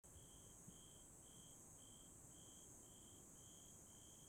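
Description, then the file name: Bell cricket chirping: a clear high ringing note repeated in short even pulses about twice a second, over a steady hiss of higher insect noise. "鈴虫鳴き声"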